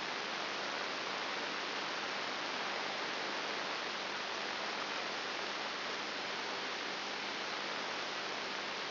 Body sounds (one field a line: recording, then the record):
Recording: brain microelectrode recording played as sound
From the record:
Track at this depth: inside the subthalamic nucleus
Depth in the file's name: 4.9 mm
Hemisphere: right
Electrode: 3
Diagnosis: Parkinson's disease